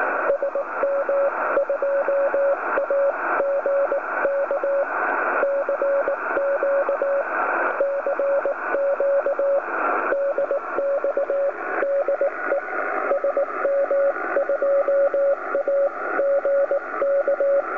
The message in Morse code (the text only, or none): SM2AGK CQ CQ DX DE SM2AGK